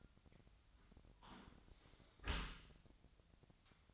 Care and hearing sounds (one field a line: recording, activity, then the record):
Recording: daily activity, microphone in the room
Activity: close dishwasher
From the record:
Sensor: 3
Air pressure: 1003.1 hPa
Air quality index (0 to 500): 198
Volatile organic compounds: 6 ppm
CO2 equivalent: 1931 ppm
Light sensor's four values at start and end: 33/83/35/38 and 33/83/36/38